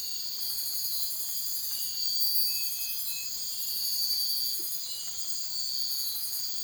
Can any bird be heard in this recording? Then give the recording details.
no. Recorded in dense forest near Puerto Asís, Putumayo, Colombia, on 19 February 2024 at 04:00. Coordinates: 0.502, -76.326. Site G6460